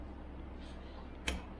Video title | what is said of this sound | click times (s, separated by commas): Install a New Chain on a Tower Electric Bike | and then boom snaps into place that easily once you get everything lined up and | 1.3 s